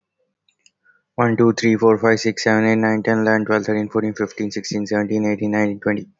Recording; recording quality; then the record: counting at a fast pace; excellent, no background noise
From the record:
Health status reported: healthy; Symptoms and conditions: none ticked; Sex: male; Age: 28 years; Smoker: not ticked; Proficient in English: yes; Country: India